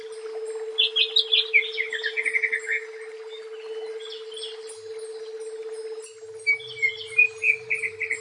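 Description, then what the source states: Leafbird song, a fast tumbling phrase of warbled notes, a pause, then a further run of sweet chirps, with a steady hum throughout. Local name cucak ijo.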